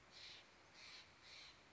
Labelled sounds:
Steller's Jay (Cyanocitta stelleri)

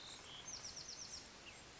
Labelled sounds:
Bewick's Wren (Thryomanes bewickii)

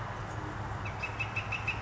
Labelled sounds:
Northern Flicker (Colaptes auratus)

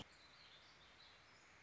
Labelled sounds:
Warbling Vireo (Vireo gilvus)

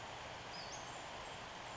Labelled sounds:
Western Flycatcher (Empidonax difficilis)

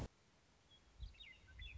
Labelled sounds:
Western Meadowlark (Sturnella neglecta)

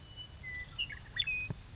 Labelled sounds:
Western Meadowlark (Sturnella neglecta)

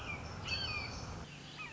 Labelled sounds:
Red-shouldered Hawk (Buteo lineatus)

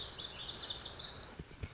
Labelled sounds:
Lazuli Bunting (Passerina amoena)

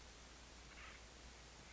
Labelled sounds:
Acorn Woodpecker (Melanerpes formicivorus)

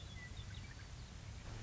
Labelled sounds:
Western Meadowlark (Sturnella neglecta)

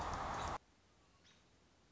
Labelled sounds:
American Robin (Turdus migratorius)

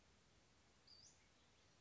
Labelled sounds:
Western Flycatcher (Empidonax difficilis)

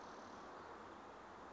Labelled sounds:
Spotted Towhee (Pipilo maculatus)

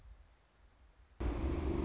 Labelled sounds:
Anna's Hummingbird (Calypte anna)

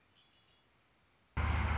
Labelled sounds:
Red-winged Blackbird (Agelaius phoeniceus)

